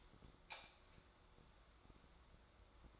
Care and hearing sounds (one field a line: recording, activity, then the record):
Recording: daily activity, microphone in the room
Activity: light off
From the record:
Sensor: 3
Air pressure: 1010.2 hPa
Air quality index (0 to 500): 169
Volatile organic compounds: 10 ppm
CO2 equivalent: 2210 ppm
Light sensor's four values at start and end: 50/127/55/60 and 48/118/52/57